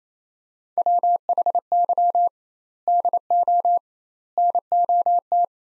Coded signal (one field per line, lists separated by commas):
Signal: Morse code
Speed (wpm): 28 wpm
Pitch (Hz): 700 Hz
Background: none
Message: WHY DO NOT